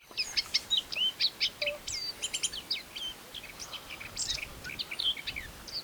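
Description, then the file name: Eurasian blackcap pouring out a dense, chattering warble of high, scratchy and whistled notes. "Sylvia atricapilla"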